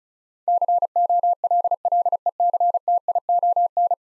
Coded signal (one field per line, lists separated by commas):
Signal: Morse code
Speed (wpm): 36 wpm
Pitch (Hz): 700 Hz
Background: none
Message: COLLECTION